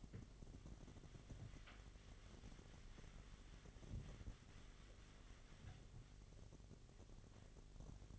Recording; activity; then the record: daily activity, microphone in the room; wipe stove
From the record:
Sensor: 4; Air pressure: 1007.8 hPa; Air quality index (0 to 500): 197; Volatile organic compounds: 7 ppm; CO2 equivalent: 1967 ppm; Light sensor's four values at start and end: 23/72/27/26 and 23/71/27/26